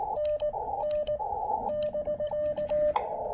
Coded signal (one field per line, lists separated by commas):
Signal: Morse code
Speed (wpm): 17 wpm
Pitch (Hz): 590 Hz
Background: radio noise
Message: NN <BK>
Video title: Pairing the Elecraft KX2 and AX1 with a little QRP Coffee for some proper portable POTA fun!